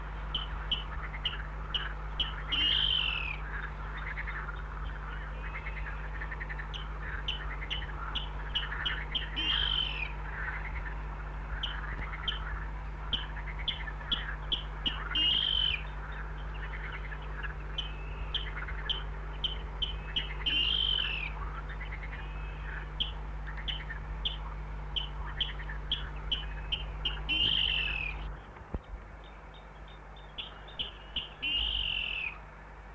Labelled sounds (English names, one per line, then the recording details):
Water Rail song
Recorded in the wild
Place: Hannover, Niedersachsen, DE
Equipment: Halbspur, 9,5 cm/s
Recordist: Lütgens, Hans
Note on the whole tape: "Wöfeler Wiesen" 1961